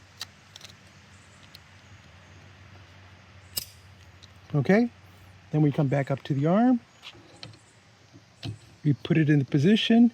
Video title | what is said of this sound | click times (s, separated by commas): TOYOTA PRIUS WIPER BLADE REPLACEMENT GEN3 | slide forward until you hear the clicks | 0.2 s, 3.6 s